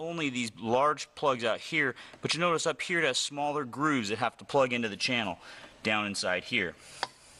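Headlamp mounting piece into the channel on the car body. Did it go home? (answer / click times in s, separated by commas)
no / none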